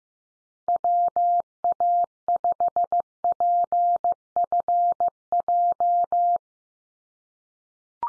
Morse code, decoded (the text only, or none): WA5PFJ